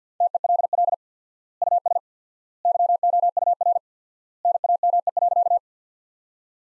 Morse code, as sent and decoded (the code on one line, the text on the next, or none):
- . .-.. .-.. / ..- ... / -.-- --- ..- .-. / -. .- -- . .-.-.-
TELL US YOUR NAME.